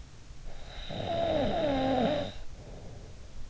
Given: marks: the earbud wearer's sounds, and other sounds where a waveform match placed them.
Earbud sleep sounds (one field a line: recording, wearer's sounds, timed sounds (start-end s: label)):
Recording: sounds in sleep by an in-ear microphone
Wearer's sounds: snoring breath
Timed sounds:
0.19-3.16 s: snoring breath